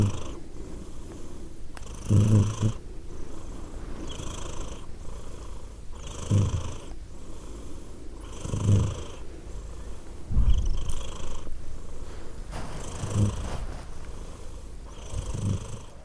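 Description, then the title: Domestic cat purring, a low rumbling drone that swells on each breath, with louder pulses about every two to four seconds. Cat named Edith, purring; Glasgow, Scotland; December 2023. "Edith purring, Glasgow, Scotland in December 2023 – by Steve Urquhart"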